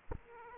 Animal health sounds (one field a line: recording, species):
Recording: mosquito wingbeat signal from an infrared sensor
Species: Aedes aegypti